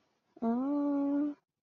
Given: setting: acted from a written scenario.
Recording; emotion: vocal sound without words; desire